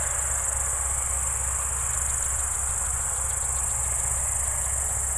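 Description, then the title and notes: Steady shrill cricket song, with soft rapid ticking pulses beneath it and a strong low motor drone in the background. Evening crickets at Spalona Pass, Bystrzyckie Mountains, Poland, 18/07/2024 around 19:00; an old tractor mowing grass in the village below is in the background. "Spalona 6, 57-516, Polska - Spalona Pass - crickets and haymaking. Przełęcz Spalona w Górach Bystrzyckich. wieczorne świerszcze"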